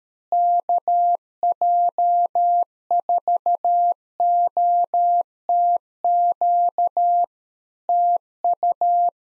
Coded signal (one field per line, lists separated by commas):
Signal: Morse code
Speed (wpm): 13 wpm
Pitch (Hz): 700 Hz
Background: none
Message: KJ4OTQ TU